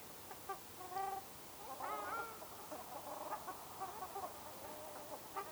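Ruddy shelduck giving a few nasal, honking calls around the first and second seconds, then quieter scattered notes over a steady background hiss.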